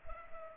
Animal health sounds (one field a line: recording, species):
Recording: mosquito wingbeat signal from an infrared sensor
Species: Culex pipiens